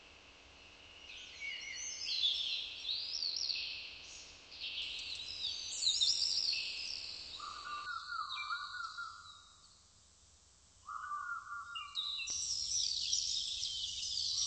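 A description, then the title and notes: Rainforest ambience is dominated by a dense, shrill buzz of insects high in pitch, rising and falling in waves. Around eight and eleven seconds the buzz briefly drops away, leaving a steadier mid-pitched drone and a low rumble underneath. In the rainforest.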